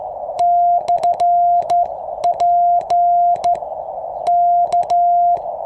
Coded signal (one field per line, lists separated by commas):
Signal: Morse code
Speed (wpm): 13 wpm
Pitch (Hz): 700 Hz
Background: none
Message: /P K